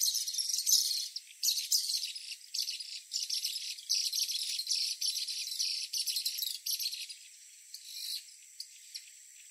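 Bird chatter, a continuous dense high-pitched twittering in rough bursts, thinning out towards the end.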